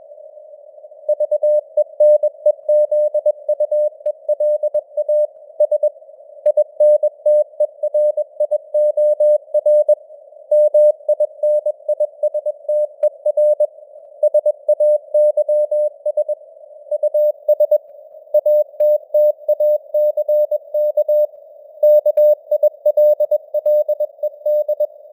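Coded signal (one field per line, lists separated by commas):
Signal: Morse code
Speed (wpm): 21 wpm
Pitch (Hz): 600 Hz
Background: none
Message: VENEZUELA S INTERIOR MINISTER SAYS US ATTACK KILLED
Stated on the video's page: Morse news headlines at 21 wpm with simulated radio noise and varying signal strength (QSB).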